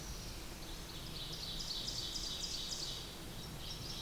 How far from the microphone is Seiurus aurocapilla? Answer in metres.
about 65 m